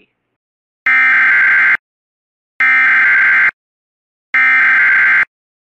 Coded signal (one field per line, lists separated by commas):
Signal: Emergency Alert System (SAME) tones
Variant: header bursts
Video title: TOR On WJON 2/28/24 (EAS #2260)